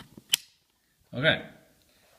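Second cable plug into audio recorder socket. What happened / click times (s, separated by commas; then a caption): The second plug clicked into its socket / 0.3 s. A second cable plug is pushed into its socket on an audio recorder and clicks in with a sharp snap at 0.3 s, seating the connector. A brief pause follows, then someone talks.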